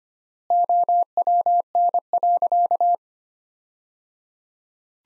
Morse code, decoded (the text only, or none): OWN.